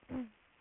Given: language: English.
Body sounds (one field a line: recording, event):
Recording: throat vibration sensor signal played as sound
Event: throat clearing